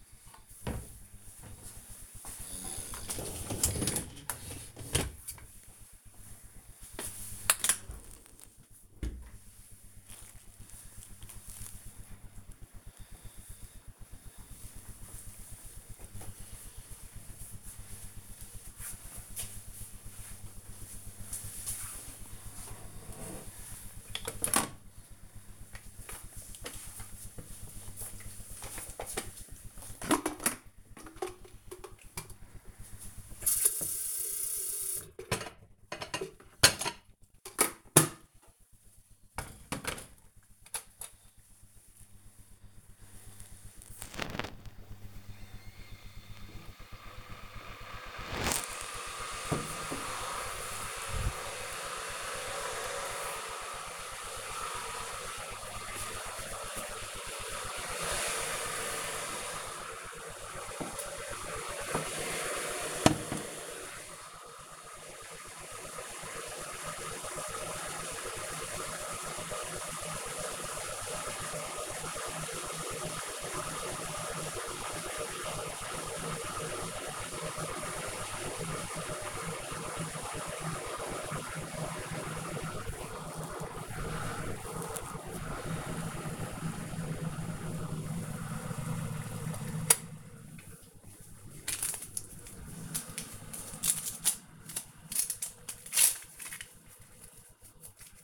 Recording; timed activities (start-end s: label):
household activities, microphone on the right wrist
0.00-9.03 s: cleaning out the dishwasher
22.11-98.24 s: making tea